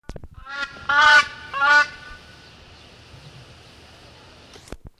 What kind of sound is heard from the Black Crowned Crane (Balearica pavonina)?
call